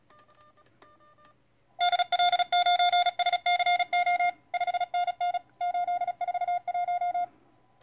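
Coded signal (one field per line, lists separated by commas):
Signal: Morse code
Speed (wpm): 36 wpm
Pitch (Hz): 710 Hz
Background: none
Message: DL9SCO 5NN 841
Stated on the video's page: CW in the TRC DX Contest from a kit-built QRP Labs QCX+ transceiver at 5 watts QRP into a 2 x 13.6 m dipole.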